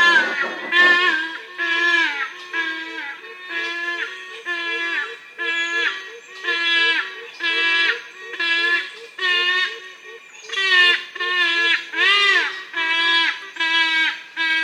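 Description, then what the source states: Yellow-casqued hornbills giving loud, nasal, harmonic-rich calls in rhythmic bursts about once a second, some notes rising and falling, several birds overlapping. Several birds singing together.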